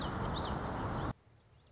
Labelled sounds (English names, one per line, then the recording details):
Common Yellowthroat
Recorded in Sonoma County, California